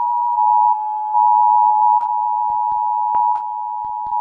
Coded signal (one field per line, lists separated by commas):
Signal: Emergency Alert System (SAME) tones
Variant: 853 and 960 Hz attention tone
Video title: Oh look there’s 5 eas alarms in 1 vid now for @Gauthan78_YT